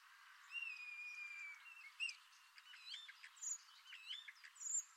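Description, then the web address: Common starling song: long level and gliding whistles, then a jumble of short clicks, squeaky notes and bent whistles, with sharp high accents near the end. "Deverinetal 2025. Bird Only"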